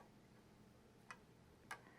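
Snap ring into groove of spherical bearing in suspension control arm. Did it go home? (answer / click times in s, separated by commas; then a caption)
no / none. A steel snap ring is slid onto a spherical bearing in a C5/C6 Corvette suspension control arm. Two short, bright metallic ticks are heard at about 1.1 s and 1.7 s over a low, steady background. Nothing has seated or clicked into the groove yet.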